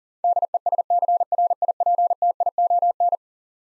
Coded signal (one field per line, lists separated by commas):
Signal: Morse code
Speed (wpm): 40 wpm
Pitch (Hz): 700 Hz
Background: none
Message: DESCRIPTION